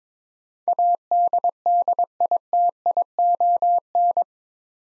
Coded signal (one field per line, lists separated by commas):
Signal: Morse code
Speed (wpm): 22 wpm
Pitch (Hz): 700 Hz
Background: none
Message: ADDITION